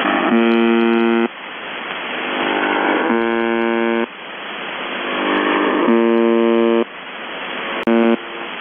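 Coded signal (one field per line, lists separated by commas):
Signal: channel marker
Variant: UVB-76 (The Buzzer)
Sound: four rough low buzzes about three seconds apart, the last one clipped short, with static between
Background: radio static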